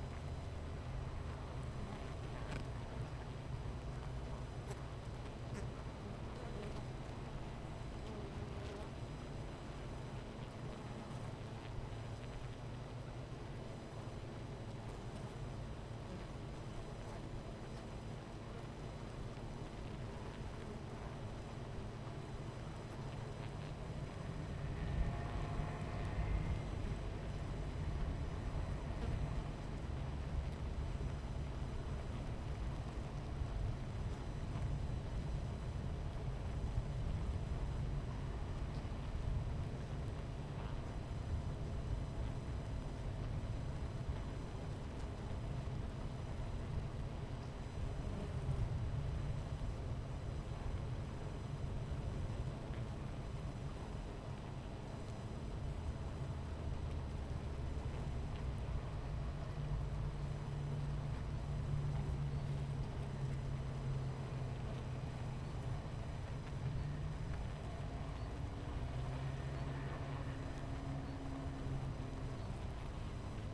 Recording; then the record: honeybee colony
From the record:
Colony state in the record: missing queen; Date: 14 July 2017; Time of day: 10:54